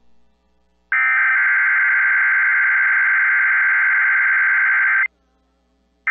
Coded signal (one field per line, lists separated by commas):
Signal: Emergency Alert System (SAME) tones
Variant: header bursts